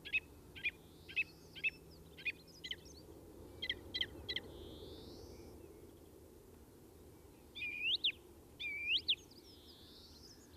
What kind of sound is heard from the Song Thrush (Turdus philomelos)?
song